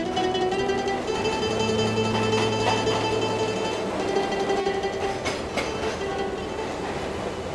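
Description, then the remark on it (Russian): A train rolls steadily along the rails with a constant loud rumble and hum, broken by a few sharp rhythmic clacks of the wheels toward the end. “Иосифу казалось, что поезд никогда не доберется до цели.”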